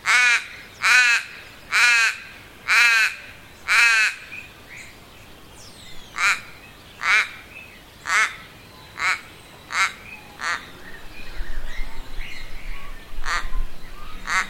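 Crow giving harsh repeated caws, five loud ones at first, then a longer run of softer caws about once a second, with a low rumble late on.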